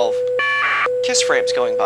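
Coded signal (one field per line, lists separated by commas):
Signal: packet radio (AX.25, as in APRS)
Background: speech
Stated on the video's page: Packet from a Tiny TNCx kit TNC attached to a ham or FRS/PMR radio.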